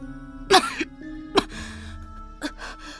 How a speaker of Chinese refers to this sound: 池半夏机不可闻地点头，而后剧烈地咳嗽起来。顾美人扶起他的上半身，给他抚背顺气。